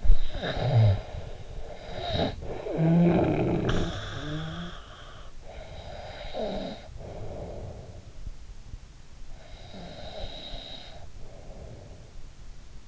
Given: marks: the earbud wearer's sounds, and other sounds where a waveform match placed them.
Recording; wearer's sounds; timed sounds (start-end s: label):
sounds in sleep by an in-ear microphone; snoring breath
0.00-12.88 s: snoring breath